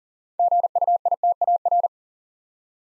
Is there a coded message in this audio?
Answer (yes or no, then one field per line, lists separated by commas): yes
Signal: Morse code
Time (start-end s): 0.4-1.9 s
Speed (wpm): 42 wpm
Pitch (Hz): 700 Hz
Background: none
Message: GUITAR